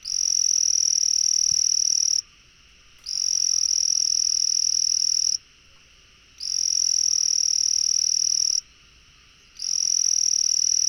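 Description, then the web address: Frog trilling: high, steady buzzy trills about two seconds long, broken by short pauses of about a second, four bouts in a row with no other clear sounds. "frog rec 150520"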